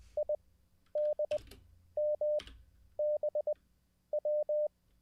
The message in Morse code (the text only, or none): IDMBW